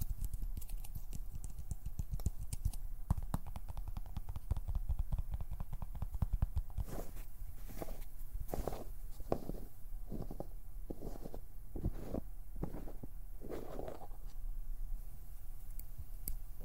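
Plucking, pinching and finger fluttering make dense rapid clicks at first, then slower rhythmic thumping pulses after about seven seconds.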